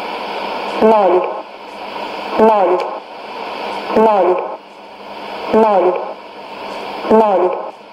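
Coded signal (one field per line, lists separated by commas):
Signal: numbers station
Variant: S06s, Russian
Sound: female voice reading five short evenly spaced words, about one every 1.6 seconds, over hiss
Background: radio static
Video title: 31 05 2017 Numbers station S06s Russian Lady in Russian to Eu 0732 on 12110 unknown tx site in CUSB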